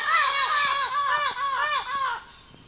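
Bird calls: a steady series of arched, downslurred harmonic notes repeated about four times a second, ending abruptly, over a faint constant high whine.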